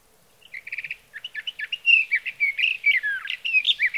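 Sage thrasher song starting with quick repeated stuttering notes, then building into a louder, flowing stream of slurred whistled phrases running to the end.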